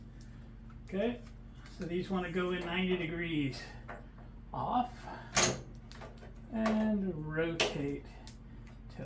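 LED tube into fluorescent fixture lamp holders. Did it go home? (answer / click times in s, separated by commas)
no / none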